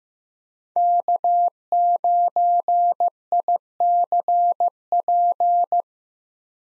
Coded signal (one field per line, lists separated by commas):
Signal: Morse code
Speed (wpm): 15 wpm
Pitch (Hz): 700 Hz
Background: none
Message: K9ICP